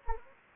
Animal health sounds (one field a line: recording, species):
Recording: mosquito wingbeat signal from an infrared sensor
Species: Anopheles gambiae